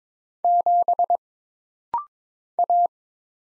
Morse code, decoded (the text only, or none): 7 A